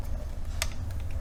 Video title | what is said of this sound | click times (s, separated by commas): How To Put New Line On A Stihl Weedeater | you go and you can hear it snap to know that it's back together | 0.6 s